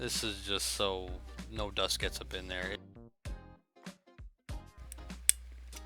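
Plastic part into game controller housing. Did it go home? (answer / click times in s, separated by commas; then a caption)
yes / 5.3 s. Someone talks over background music while reassembling an Xbox 360 game controller, pushing a plastic part into the controller housing. A few soft handling sounds follow, then a sharp click at 5.3 s as the part snaps into place and is seated, ready to go.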